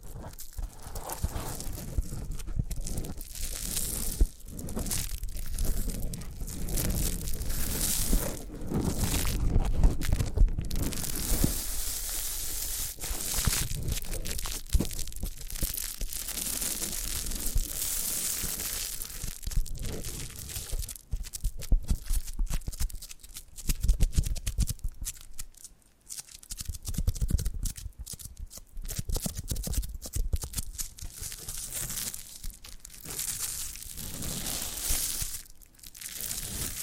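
Foam massage: dense, irregular rubbing and squeaking rasps, continuous for the whole stretch, with bursts of louder scrubbing and brief dips near 26 seconds.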